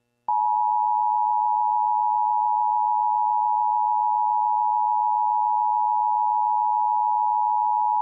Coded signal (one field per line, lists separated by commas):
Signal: Emergency Alert System (SAME) tones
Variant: 853 and 960 Hz attention tone